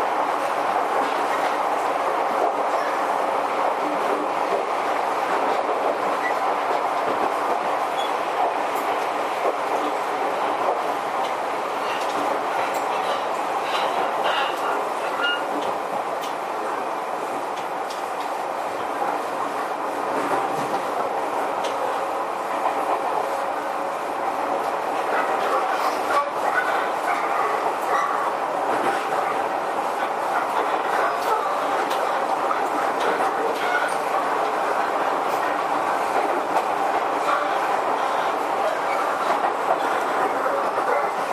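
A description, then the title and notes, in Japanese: Recorded inside a moving commuter train: a steady, dense rumble and whine fills the car, strongest in the middle range. Faint rail clicks recur throughout, with a slightly quieter stretch around twenty seconds before the running noise swells back to its even level. 東急5050系4000番台 元町・中華街ー渋谷。東急東横線、みなとみらい線で録音をしました。東急5050系 元町•中華街-渋谷。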